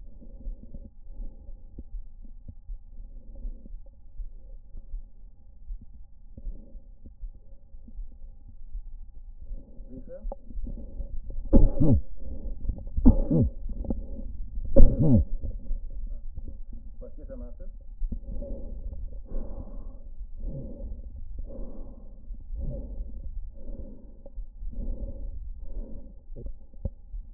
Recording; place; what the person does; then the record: lung sounds by stethoscope; right anterior apical chest; quiet breathing, then deep breathing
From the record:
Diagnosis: COPD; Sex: female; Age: 80 years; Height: 160 cm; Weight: 62 kg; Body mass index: 24.2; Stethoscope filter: diaphragm mode